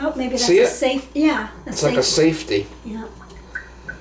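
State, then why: Seated. While a new kitchen faucet is being hooked up under the sink, a hose fitting with a safety release is pushed into its quick-connect coupling. Someone talks through most of the clip, then two short, sharp clicks come at 3.6 s and 3.9 s. The fitting clicks into place and is seated.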